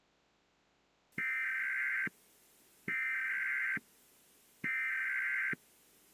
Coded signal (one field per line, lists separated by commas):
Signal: Emergency Alert System (SAME) tones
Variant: header bursts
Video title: watching EAS scenarios and hanging out part 3